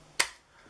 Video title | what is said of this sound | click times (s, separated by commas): Must Have Camera Gear Pt1: Yunteng VCT-288 Monopole with fluid pan head. | lock into place like so so | 0.2 s